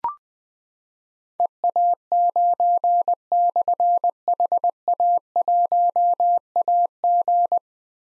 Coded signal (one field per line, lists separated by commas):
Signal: Morse code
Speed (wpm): 20 wpm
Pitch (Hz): 700 Hz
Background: none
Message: EA9/HA1AG